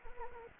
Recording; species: mosquito wingbeat signal from an infrared sensor; Anopheles gambiae